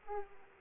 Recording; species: mosquito wingbeat signal from an infrared sensor; Aedes aegypti